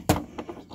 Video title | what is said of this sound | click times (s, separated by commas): Single Engine Plug & Play Perfect Pass Installation Video for Yamaha Boats | the click and once you've heard that click we're good to go there | 0.1 s